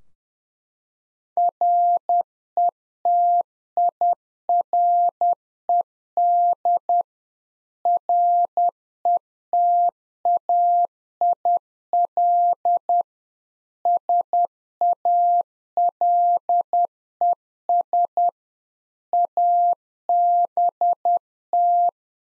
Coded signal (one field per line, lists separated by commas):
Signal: Morse code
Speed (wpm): 10 wpm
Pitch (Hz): 700 Hz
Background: none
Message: RETIRED RETAIL SALES ABT